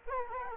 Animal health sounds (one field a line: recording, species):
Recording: mosquito wingbeat signal from an infrared sensor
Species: Culex quinquefasciatus